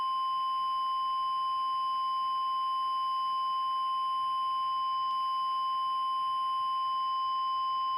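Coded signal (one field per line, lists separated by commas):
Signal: Emergency Alert System (SAME) tones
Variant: 1050 Hz attention tone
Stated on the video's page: Recreation of a real civil emergency message about a gas fire in Tarrant County, Texas.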